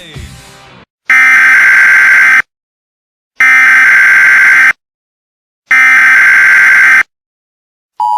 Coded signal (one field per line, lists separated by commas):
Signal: Emergency Alert System (SAME) tones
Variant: header bursts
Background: speech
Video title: Hell (2020) (EAS Scenario)